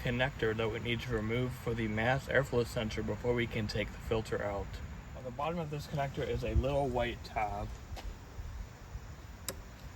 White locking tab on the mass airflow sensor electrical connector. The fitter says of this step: pull the white tab towards you to unlock the connector